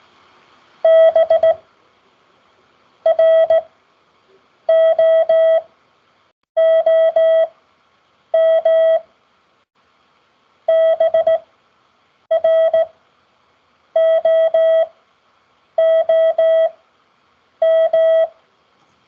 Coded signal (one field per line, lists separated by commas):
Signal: Morse code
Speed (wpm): 16 wpm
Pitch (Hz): 650 Hz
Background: none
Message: BROOM BROOM